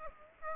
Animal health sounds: mosquito wingbeat signal from an infrared sensor; Aedes aegypti

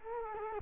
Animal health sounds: mosquito wingbeat signal from an infrared sensor; Culex quinquefasciatus

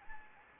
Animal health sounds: mosquito wingbeat signal from an infrared sensor; Anopheles gambiae

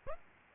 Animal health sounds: mosquito wingbeat signal from an infrared sensor; Aedes aegypti

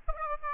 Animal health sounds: mosquito wingbeat signal from an infrared sensor; Aedes albopictus

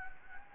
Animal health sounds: mosquito wingbeat signal from an infrared sensor; Anopheles gambiae

